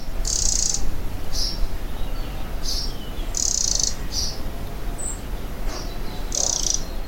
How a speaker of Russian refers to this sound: Это был такой очень нежный треск. И я долгое время его путал с треском другой птички, о которой мы когда-нибудь тоже расскажем. Она называется «Зарянка». Вот вы сейчас можете послушать треск крапивника.